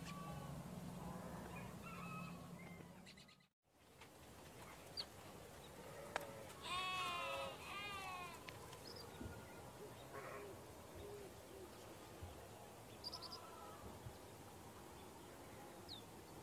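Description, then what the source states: Sheep: one loud wavering bleat rich in overtones, lasting about a second, over steady farmyard background noise with a few fainter sounds. Sheep on a farm in the morning.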